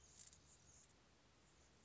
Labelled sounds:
Anna's Hummingbird
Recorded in Sonoma County, California

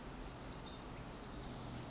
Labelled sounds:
Pacific Wren
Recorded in Sonoma County, California

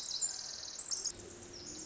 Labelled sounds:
Pacific Wren
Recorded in Sonoma County, California

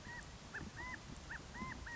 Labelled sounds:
California Quail
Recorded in Sonoma County, California

